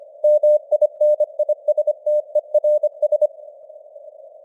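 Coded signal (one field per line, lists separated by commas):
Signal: Morse code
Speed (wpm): 25 wpm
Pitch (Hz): 600 Hz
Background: none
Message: MINISTERS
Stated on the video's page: Morse news headlines at 25 wpm with simulated radio noise and varying signal strength (QSB).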